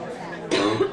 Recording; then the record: coughing mixed with background sound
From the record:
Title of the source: female coughing - coughing sound effects girl